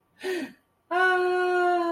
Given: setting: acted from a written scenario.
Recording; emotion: vocal sound without words; positive surprise